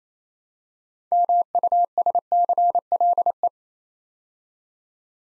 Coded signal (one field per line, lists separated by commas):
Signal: Morse code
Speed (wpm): 29 wpm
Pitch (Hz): 700 Hz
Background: none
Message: MUSCLE